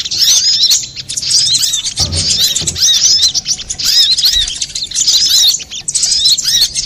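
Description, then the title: Little spiderhunter giving a steady stream of shrill, chirpy notes with arched whistles. Master recording for training cage birds; labelled Labaik. "Masteran Burung Sogok Ontong Labaik"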